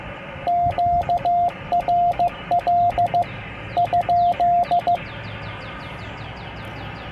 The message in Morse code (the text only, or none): QRL ?